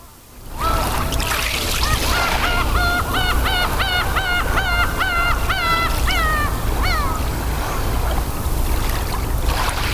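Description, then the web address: Black-tailed gull calls, a rapid series of harmonic, mewing notes, the last ones down-slurred, repeated for several seconds over a constant low rumble. "sikioto birds uminako"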